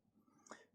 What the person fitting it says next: Those just snap into place.